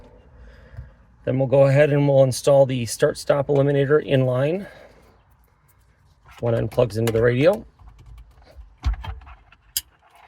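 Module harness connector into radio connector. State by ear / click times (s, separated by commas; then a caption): seated / 9.8 s. Someone talks while installing an in-line start-stop eliminator module on a 2022–2024 Ford Expedition, pushing the module's wiring harness connector into the radio's plastic connector socket. A few soft handling rattles come around 8.9–9.5 s, then a sharp click at 9.8 s as the connector latches. It is bottomed out and seated, making a good connection.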